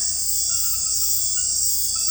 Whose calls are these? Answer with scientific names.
none